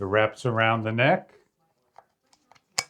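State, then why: Seated. Someone talks as a memory-metal magnetic neck mount with an adjustable chest strap is wrapped around the neck. A few small handling ticks follow, and then the neck mount's clip closes around the neck band with one sharp plastic click at 2.8 s, seating it locked in place.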